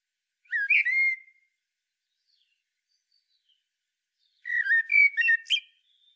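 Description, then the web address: Common blackbird singing two separate warbled, whistled phrases about four seconds apart, with silence in between. "SETE data Turdus merula"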